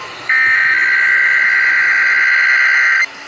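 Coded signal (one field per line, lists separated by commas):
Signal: Emergency Alert System (SAME) tones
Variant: header bursts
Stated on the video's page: Broadcast radio Required Weekly Test from a Sacramento-area AM station and Required Monthly Tests for Orange County, California, on other stations.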